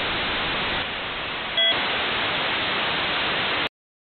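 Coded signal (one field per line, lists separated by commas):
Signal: dial-up modem handshake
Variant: US Robotics x2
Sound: steady harsh wideband hiss with one short break of several tones, then silence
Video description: Here's the US Robotics standard for 56K, before V.90 was adopted by the industry: x2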